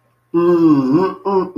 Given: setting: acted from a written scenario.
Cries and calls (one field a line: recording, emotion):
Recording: vocal sound without words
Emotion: pride